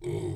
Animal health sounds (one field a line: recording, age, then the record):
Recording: pig call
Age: weaner (32 to 43 days)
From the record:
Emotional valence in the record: negative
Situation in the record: negative conditioning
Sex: female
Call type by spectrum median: low-frequency call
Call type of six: low-frequency stable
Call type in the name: low-frequency stable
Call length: 0.35 s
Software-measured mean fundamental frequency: 51 Hz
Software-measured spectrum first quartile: 130 Hz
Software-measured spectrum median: 301 Hz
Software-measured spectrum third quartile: 451 Hz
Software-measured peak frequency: 349 Hz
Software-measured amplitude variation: 153 dB a second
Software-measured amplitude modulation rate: 28.2 a second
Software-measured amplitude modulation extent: 5.4 dB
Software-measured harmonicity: 2.7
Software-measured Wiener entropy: -0.29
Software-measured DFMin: 1107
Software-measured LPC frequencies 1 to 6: 358, 2185, 3199, 3680, 4619, 5442 Hz